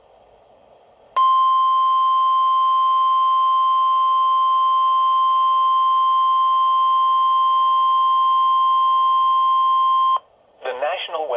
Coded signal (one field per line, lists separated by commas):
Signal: Emergency Alert System (SAME) tones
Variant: 1050 Hz attention tone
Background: speech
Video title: Severe Thunderstorm Warning (EAS #1)